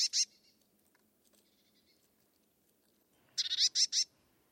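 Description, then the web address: Bird giving a short harsh call, then after a pause a burst of several rasping pulses. Bird only. "cianscape birddata Deverinetal 2025 Bird Only"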